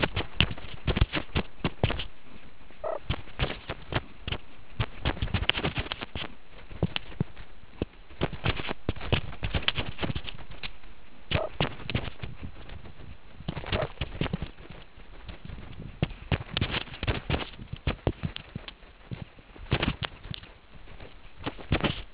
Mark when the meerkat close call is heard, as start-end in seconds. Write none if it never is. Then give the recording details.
2.84-2.98, 11.34-11.47, 13.72-13.86. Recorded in the Kuruman River Reserve, South Africa. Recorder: an audio tag on a meerkat's collar